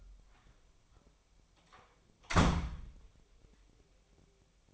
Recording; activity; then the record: daily activity, microphone in the room; close door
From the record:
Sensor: 1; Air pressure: 1007.6 hPa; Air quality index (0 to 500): 194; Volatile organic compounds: 18 ppm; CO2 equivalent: 2623 ppm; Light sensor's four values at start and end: 13/32/13/14 and 12/31/12/14